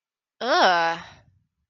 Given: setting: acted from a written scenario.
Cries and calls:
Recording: vocal sound without words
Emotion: disgust

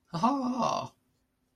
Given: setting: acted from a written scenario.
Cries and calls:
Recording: vocal sound without words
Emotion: elation

